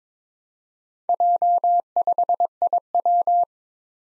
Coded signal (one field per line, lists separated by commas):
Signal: Morse code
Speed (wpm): 22 wpm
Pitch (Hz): 700 Hz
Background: none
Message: J5IW